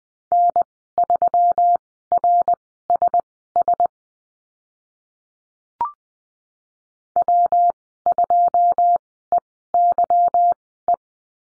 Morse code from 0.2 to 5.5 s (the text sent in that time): N3RSS